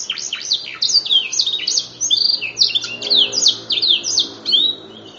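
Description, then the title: Canary song, a quick run of high, sweeping chirps and short trills in bursts with no pause, over a faint low hum. "kenari"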